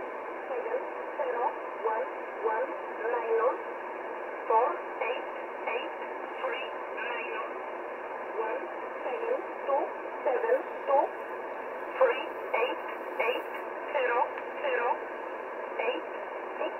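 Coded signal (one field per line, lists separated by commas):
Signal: numbers station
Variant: E11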